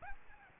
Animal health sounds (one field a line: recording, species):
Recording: mosquito wingbeat signal from an infrared sensor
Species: Aedes albopictus